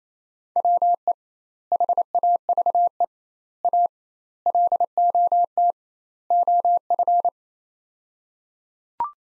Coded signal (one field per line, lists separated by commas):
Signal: Morse code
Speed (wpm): 28 wpm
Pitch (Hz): 700 Hz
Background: none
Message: WE HAVE A LOT OF